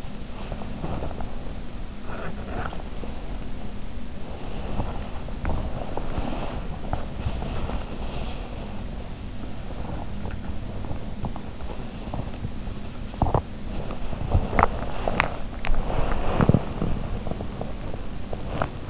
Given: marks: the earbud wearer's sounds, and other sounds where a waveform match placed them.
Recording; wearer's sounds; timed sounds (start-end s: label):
sounds in sleep by an in-ear microphone; body movement
0.00-18.90 s: body movement